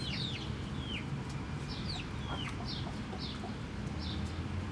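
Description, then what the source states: Chicken chicks giving several high falling peeps, partly masked by heavy low background noise. Hens and chicks in the chicken house of the Atelier 34zero museum garden, Jette, Brussels, Belgium; recorded with DPA 4060 microphones in AB position into a Zoom F3.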